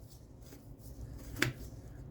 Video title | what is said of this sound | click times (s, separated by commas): From Clunky to Sleek: Transforming an Old MTB into a Fast City Bike! 🚴‍♂️💨 | And you'll hear it click in. | 1.4 s